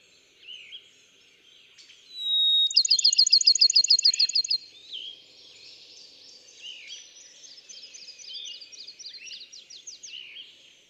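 Bachman's sparrow song: a steady pure whistle leading into a rapid run of identical trilled notes, followed by softer chirps and short trills.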